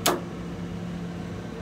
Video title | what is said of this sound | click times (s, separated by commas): The commercial washing machine | hear a door click | 0.1 s